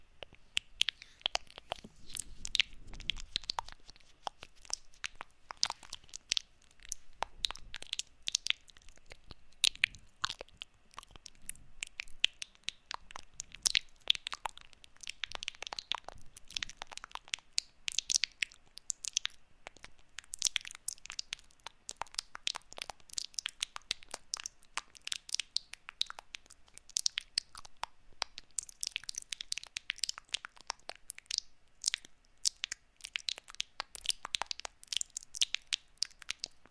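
Wet mouth sounds and small clicks run continuously, a dense stream of quick, crisp smacks and pops with no pauses. The clicks are bright and sharp, packed irregularly, with a faint low rumble near the start around two to four seconds.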